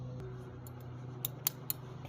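A fall-protection harness buckle tongue is slipped into its mating buckle and locks in place. Three sharp, short clicks sound at 1.2, 1.5 and 1.7 seconds over a low steady hum. The buckle is seated and locked.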